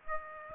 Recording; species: mosquito wingbeat signal from an infrared sensor; Aedes aegypti